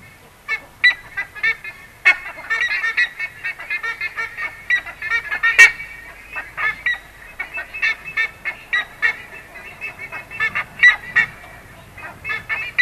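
Buff-necked ibis giving loud, metallic honking calls in rapid, irregular series.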